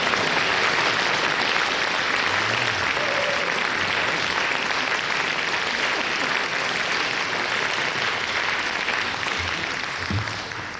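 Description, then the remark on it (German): A live studio audience applauds steadily, a dense, even wash of many hands clapping at constant loudness, easing slightly at the very end. “Und Live-Publikum im Studio 2 des Bayerischen Rundfunks.”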